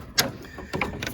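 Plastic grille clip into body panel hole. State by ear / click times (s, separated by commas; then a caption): not seated / none. A plastic grille is pushed onto the front of a 2004 Jeep Liberty SUV, with its clips aimed at the holes in the body panel. Sharp plastic knocks and scrapes come at about 0.2 s, 0.7–0.8 s and 1.0 s. Nothing has latched or clicked into place yet, and the grille clip fails to latch.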